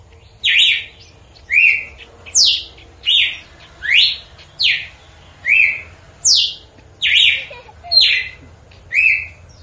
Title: Canto Galo Campina Fêmea. Galo de Campina Cantando na Natureza ( Canto de Pássaros )